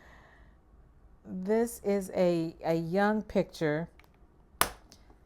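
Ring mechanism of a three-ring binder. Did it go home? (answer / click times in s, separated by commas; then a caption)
released / 4.6 s. Someone talks, then the metal ring mechanism of a three-ring binder holding poems gives one sharp, loud snap at 4.6 s as the rings are released, followed by faint small ticks. It is not clear whether the rings snapped open or closed.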